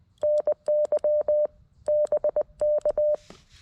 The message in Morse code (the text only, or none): NY BK